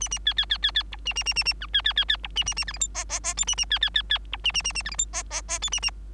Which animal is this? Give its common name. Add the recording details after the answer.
Bengalese Finch. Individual Bird3